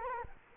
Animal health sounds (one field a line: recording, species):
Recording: mosquito wingbeat signal from an infrared sensor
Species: Culex quinquefasciatus